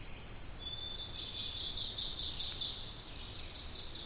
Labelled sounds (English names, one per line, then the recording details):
Ovenbird song
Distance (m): 40 m
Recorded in boreal forest in Alberta, Canada, on 2 June 2016 at 08:03
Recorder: SongMeter 3, array SBT-3-7
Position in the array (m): 191 m, 1 m
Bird 6